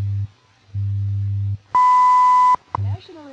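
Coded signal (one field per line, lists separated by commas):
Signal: radio time signal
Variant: WWV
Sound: low hum bursts, then a steady 1 kHz beep lasting under a second, more hum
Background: radio static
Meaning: The long 1000 Hz tone marks the start of a new minute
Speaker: at the tone 23 hours 59 minutes coordinated universal time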